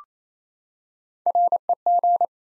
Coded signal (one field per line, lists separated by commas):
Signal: Morse code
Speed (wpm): 27 wpm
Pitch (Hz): 700 Hz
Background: none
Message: REG